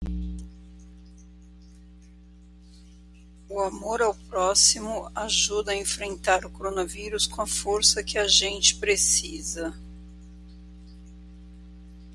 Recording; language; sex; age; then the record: spoken sentence; Brazilian Portuguese; female; 50 to 59 years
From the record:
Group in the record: control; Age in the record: 50 years